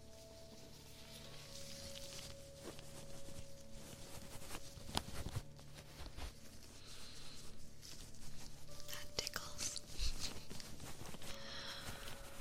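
An ear massage: dense rubbing and crackling with frequent sharp clicks and taps that grow busier toward the end, with stronger bursts near five and ten seconds. A faint steady hum sits underneath throughout.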